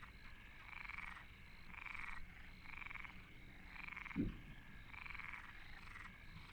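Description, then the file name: Frogs croaking in short rasping bursts repeated roughly once a second, with one brief low thump partway through. Recorded at Deltebre in the Ebro Delta. "Postpaisatge Granotes Deltebre"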